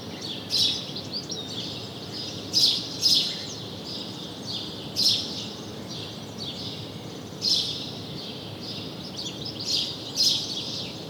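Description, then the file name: House sparrow giving loud single chirps at irregular intervals, with softer chattering notes between them and a steady background hiss. "Passer domesticus"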